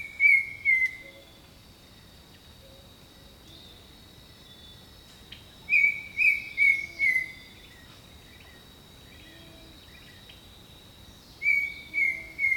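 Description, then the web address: Bird song: short bursts of three or four clear whistled notes near the same pitch, repeated every few seconds, over a steady high drone and faint low notes. Jungle birdsong. "Echoes of Nature - Jungle Talk Jungle Birdsong"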